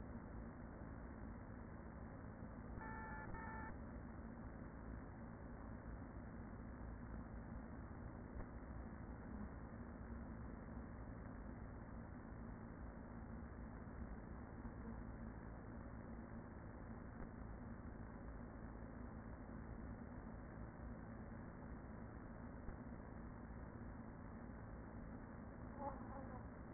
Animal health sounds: honeybee colony, microphone inside the hive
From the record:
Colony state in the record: queen present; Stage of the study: after two queens were removed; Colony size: about 40,000 bees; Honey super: no

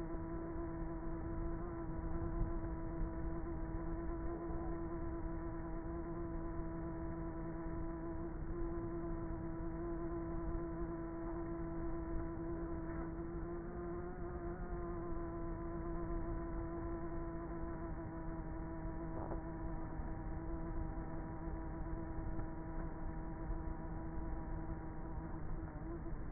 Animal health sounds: honeybee colony, microphone inside the hive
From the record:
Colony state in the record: queenless with a low population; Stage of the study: before two queens were removed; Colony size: about 30,000 bees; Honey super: no

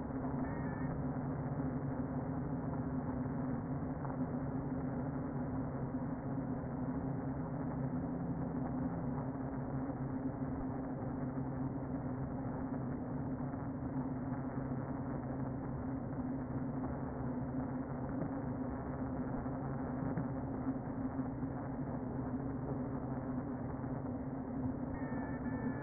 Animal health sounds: honeybee colony, microphone inside the hive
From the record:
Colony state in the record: queen present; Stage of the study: before two queens were removed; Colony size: about 60,000 bees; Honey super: yes

